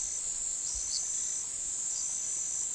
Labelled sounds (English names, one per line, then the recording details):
none
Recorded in pastures near Puerto Asís, Putumayo, Colombia, on 19 February 2024 at 09:30
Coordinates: 0.468, -76.328
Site G6414